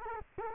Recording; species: mosquito wingbeat signal from an infrared sensor; Culex quinquefasciatus